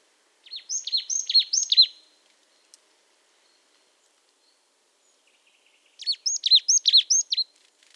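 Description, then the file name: Marsh tit calling: two bursts of a few bright, down-slurred high notes in quick succession, separated by several seconds of quiet. "Poecile palustris"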